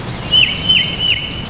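Tufted titmouse giving three clear, high whistled notes, each sliding downward at the end, over steady low background noise.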